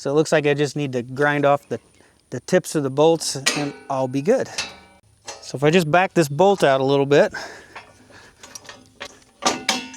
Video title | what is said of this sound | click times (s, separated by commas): Buying a Fabrication Tool off Another YouTuber. Completing my First Two Projects. | Yep. Now it locks in place. | 9.7 s